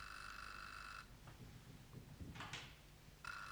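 A telephone rings in vain for Marceline in two bursts, a steady buzzing electronic tone that stops for a couple of seconds of soft rustling and knocking, then starts again, in the Comédie Française's 1958 performance of Marcel Achard's comedy Jean de la Lune.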